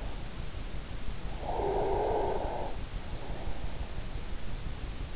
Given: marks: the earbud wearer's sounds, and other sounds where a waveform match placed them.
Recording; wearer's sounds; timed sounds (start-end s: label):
sounds in sleep by an in-ear microphone; snoring breath
1.30-3.75 s: snoring breath